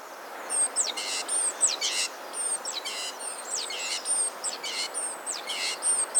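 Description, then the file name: Great tit calling, a thin high note then a rough buzzy burst, the pair repeated about once a second. "Parus major"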